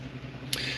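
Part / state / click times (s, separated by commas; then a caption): miniature figure onto magnetized display base / seated / 0.5 s. A painted miniature figure is set onto a display base fitted with magnets and snaps into place with a sharp click at 0.5 s over a steady low hum. Brighter high-frequency noise follows the click, and the miniature is seated on the magnetized base.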